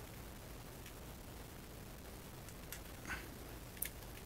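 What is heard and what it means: Plastic wing pieces are pressed onto the peg holes on the back of a plastic action figure over a quiet, steady background. Faint ticks at 0.9 s and 2.7 s and a brief rustle around 3.1 s come before a sharp, bright click at 3.8 s as the wing pegs pop into place and seat well.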